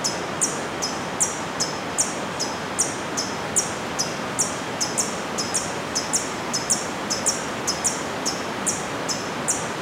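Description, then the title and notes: Hummingbird call series of thin, high-pitched chip notes, roughly two and a half per second, over a continuous rushing background. Soundscape recorded in the afternoon on a farm in Boquete, Chiriquí, Panama. "COLIBRI. Paisaje sonoro , Boquete chiriqui , grabación en horas de la tarde"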